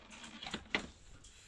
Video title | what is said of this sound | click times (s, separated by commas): Replacing ink cartridges in an Epson Workforce WF-2930 printer | close the cartridge cover and press it down until it clicks into place | 0.8 s